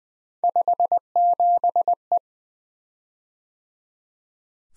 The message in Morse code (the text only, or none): 57E